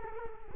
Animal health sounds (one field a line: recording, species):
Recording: mosquito wingbeat signal from an infrared sensor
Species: Culex quinquefasciatus